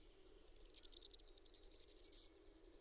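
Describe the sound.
A bird sings one trill, quick high pips climbing gradually in pitch and ending in a brief held note, with silence around it.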